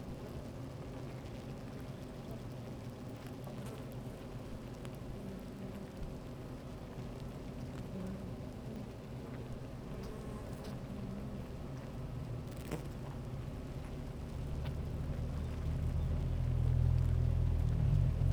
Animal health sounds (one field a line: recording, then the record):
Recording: honeybee colony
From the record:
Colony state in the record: active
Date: 28 July 2017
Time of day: 13:40